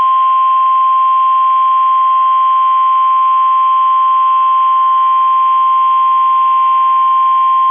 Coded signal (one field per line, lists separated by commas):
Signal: Emergency Alert System (SAME) tones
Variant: 1050 Hz attention tone